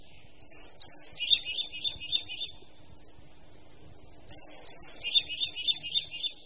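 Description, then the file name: Red crossbill call phrases: a thin high whistled note followed by a buzzy twittering run, given twice about four seconds apart. "Křivka-obecná"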